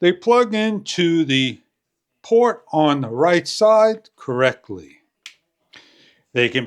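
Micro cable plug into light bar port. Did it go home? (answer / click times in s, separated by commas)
yes / 5.3 s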